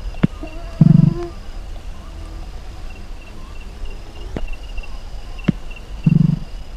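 White-winged nightjar calls: a low, rough note early on, then another about five seconds later, with occasional ticks.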